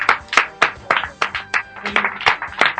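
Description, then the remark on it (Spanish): An audience applauds a giveaway winner of passes to the Comic Fest, with sharp, crisp claps in a fairly steady rhythm, roughly three or four per second, moderately loud and without any talking over them. “¡Un aplauso!”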